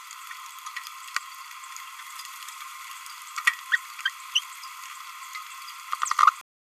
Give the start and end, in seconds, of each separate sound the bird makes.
3.72-3.76, 4.06-4.09, 4.35-4.39